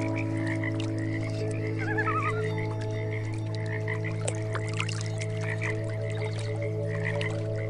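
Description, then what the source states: Frogs croak in a quick, repeated chorus mixed with calm sustained music tones, plus a brief warbling call. Frogs mixed with meditation music.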